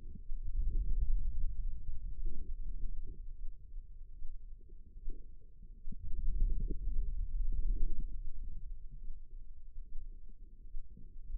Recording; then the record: forearm muscle sounds (acoustic myography)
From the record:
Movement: hand opening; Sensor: system 2, bracelet of six BSWA MPA416 microphones around the upper forearm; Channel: 4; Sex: female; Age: 25 years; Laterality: right